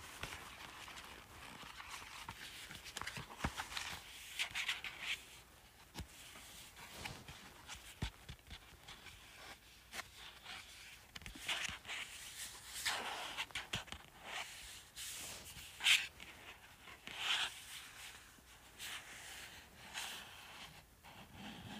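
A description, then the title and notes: Fingers tap and scratch at a paperback book, making a dense, irregular run of dry clicks and rustling scrapes that continues for the whole stretch. The sounds are bright and papery, with a few sharper, louder taps near the middle and again around sixteen seconds. ASMR Tapping and Scratching Paperback Book.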